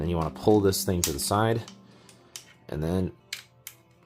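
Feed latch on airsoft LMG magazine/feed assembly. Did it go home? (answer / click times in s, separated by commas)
yes / 3.3 s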